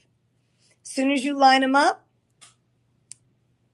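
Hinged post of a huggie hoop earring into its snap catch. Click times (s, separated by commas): 3.1 s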